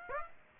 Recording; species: mosquito wingbeat signal from an infrared sensor; Aedes aegypti